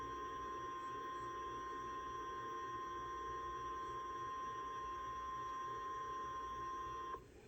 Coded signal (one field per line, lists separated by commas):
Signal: Emergency Alert System (SAME) tones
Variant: 853 and 960 Hz attention tone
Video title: SVR in Simpsonland (L.S. EAS #108) Severe Thunderstorm Warning